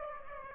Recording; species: mosquito wingbeat signal from an infrared sensor; Aedes aegypti